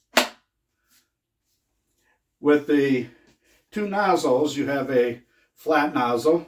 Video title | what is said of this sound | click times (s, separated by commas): Making Life Easier EGO Variable-Speed Cordless Electric Power Leaf Blower Unboxing WUWR 293 | And you just slip it on. And you'll hear it click, so you know it's on. | 0.2 s